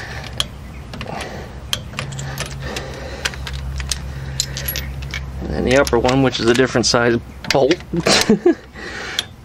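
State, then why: Torque reached. A click-type torque wrench set to 30 tightens the upper spindle/caliper bolt, a different-size bolt, on a VW Beetle front spindle. Sharp metallic ticks and clatter sound over a low hum while someone talks. The wrench clicks at torque at 9.2 s.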